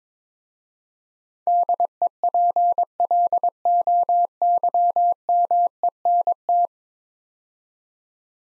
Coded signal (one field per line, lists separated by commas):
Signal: Morse code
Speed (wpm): 22 wpm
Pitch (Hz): 700 Hz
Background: none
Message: DEPLOYMENT